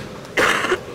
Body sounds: coughing mixed with background sound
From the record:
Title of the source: 31 night wet cough

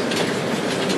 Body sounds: background sound without coughing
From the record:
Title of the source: Office Sounds Ambience - Background Noise for Study and Work

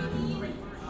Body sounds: background sound without coughing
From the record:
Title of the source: 60 minutes of coffee shop sounds for study and concentration

